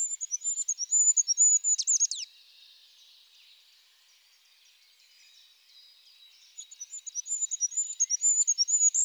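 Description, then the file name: Goldcrest song: a very high, thin rhythmic phrase ending in a quick flourish, then a pause before the next phrase starts. Stereo recording. "ROITELET HUPPE"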